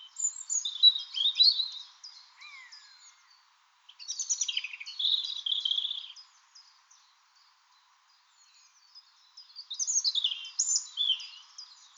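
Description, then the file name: European robin song, three separate bursts of high, rapid, tumbling warbled notes divided by silences. "Erithacus rubecula"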